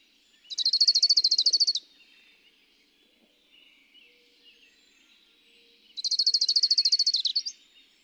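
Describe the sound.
Bird song: two rapid, high trills of evenly repeated notes, about five seconds apart, with quiet hiss and faint chirps between.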